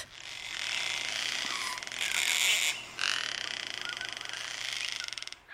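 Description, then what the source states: Gang-gang Cockatoo gives long grating, creaky screeches with a rasping texture, over a faint low hum. Small grey parrot with a red crest, from alpine forests of southeastern Australia; call described as sounding like a flying creaky gate.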